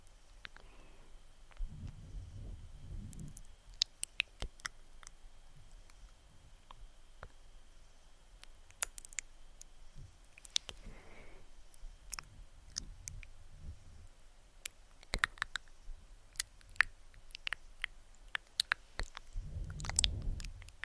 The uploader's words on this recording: ASMR VERY Tingly Slow Face Touching and Soft Mouth Sounds.